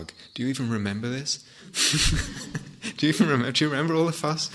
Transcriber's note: laughter